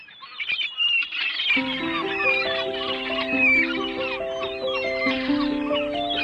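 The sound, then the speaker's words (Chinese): Shrill, wavering seagull cries squeal over and over; after a second or so, sustained musical tones swell in underneath and carry on beneath the calls. “走开啊，海鸥！”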